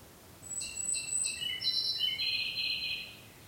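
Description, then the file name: Ryukyu robin song with a high whistle over three quick pulses, then a drawn-out buzzy trill. Recorded 5 May 2013. "130505 akahige"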